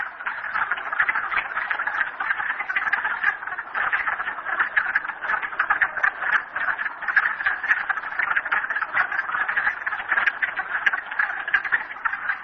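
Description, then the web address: Frog chorus, many overlapping rapid croaks forming a loud, continuous rattling texture throughout. Frogs recorded at Merryspring. "audio frogs merryspring 42008"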